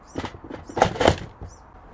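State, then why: Seated. A second plastic fish tape drum is pushed home into a Milwaukee powered fish tape body with a brief rustle of handling. Two sharp clicks at 0.8 s and 1.1 s mark the drum snapping in, and it is seated.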